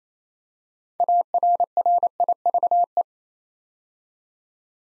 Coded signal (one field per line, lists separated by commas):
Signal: Morse code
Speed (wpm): 29 wpm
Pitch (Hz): 700 Hz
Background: none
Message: ARRIVE